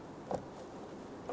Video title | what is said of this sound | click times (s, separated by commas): How to Replace Air Charge Temperature Sensor 1992-1996 Toyota Camry (2.2L L4) | should feel that clip into place give that a little wiggle does not come out so we know that we're locked into place | 0.3 s